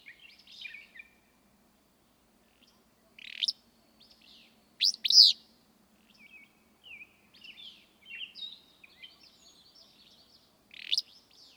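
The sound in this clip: Willow flycatcher song: sharp, burry sneezing phrases at about 3.3, 5 and 11 seconds, with soft twittering between them.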